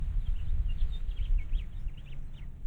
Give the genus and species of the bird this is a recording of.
Haemorhous mexicanus